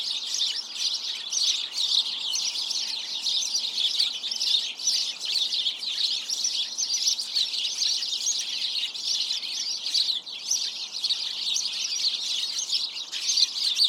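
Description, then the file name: House sparrow chorus of countless overlapping chirps, constant and dense, briefly thinning near the end before rising again. "Passer domesticus"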